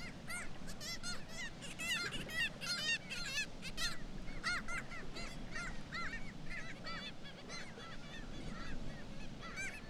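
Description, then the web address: Black-legged kittiwake calls, a clamorous colony chorus of sharp, nasal, wailing notes packed closely together, with a low rumble underneath. "Black legged kittiwake. صدای-پرنده-کاکایی-پاسیاه"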